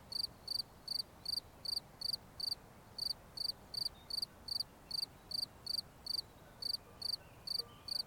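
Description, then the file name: Cricket chirps repeated at a fast, even pace with a couple of brief pauses, shrill and high over soft noise. "Grillons"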